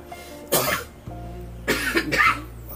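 An adult woman coughs in the background: three short, harsh cough bursts, one alone, then a close pair about a second later. They sound loose and noisy rather than whooping or barking. A steady low electrical hum runs underneath in a small indoor room.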